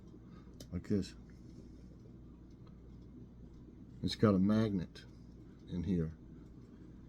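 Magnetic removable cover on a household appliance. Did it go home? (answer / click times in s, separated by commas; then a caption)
no / none. A magnet-held removable cover on a household appliance is handled after being taken off so the area underneath can be cleaned, while someone talks. There are brief faint handling sounds around 0.6 s and 2.7 s. The cover has not yet snapped back onto its magnet; nothing has clicked or seated yet.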